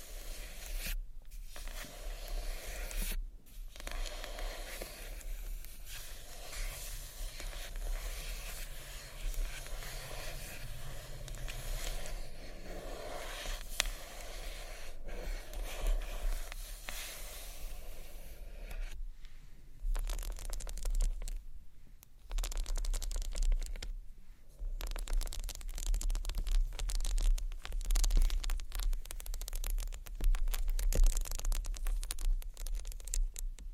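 Tiny bottles rustle and clink against a textured bag in a dense, steady crinkling and scraping that runs almost without pause. Brief silent gaps fall near 1, 3, 19, 22 and 24 seconds, and the last ten seconds turn busier, with sharper scratchy bursts.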